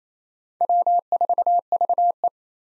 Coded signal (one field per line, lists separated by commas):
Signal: Morse code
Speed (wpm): 27 wpm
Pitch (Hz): 700 Hz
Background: none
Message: W4VE